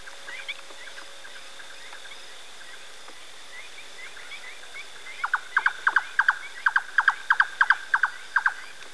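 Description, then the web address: Bird song: faint high twittering at first, then a loud series of short clipped downward notes repeated rapidly in pairs over the final four seconds. Spain. "ianr Birding Spain Songs"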